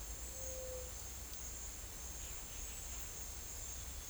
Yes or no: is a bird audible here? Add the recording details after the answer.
no. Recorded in secondary vegetation near Puerto Asís, Putumayo, Colombia, on 20 December 2024 at 10:30. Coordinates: 0.488, -76.319. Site GP04